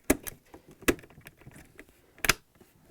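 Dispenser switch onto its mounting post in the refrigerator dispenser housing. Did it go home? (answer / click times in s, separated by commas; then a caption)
yes / 0.1 s, 0.9 s, 2.2 s. A small plastic switch is pressed onto its mounting post inside the dispenser housing of an LG/Kenmore refrigerator (dispenser cover MCK66542801). Loud, sharp clicks ring out at 0.1, 0.9 and 2.2 seconds, with quieter ticks and handling noise in between. The switch is seated in place.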